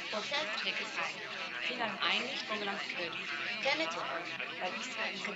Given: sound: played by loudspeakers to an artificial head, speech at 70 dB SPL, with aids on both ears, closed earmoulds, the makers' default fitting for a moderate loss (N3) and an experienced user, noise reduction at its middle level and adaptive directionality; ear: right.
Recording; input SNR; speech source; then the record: speech test signal (ISTS) in cocktail-party noise; -3 dB; in front (0 degrees)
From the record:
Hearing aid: class 1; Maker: F